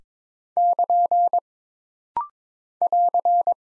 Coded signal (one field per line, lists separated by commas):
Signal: Morse code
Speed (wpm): 22 wpm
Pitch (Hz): 700 Hz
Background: none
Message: <KN> <AR>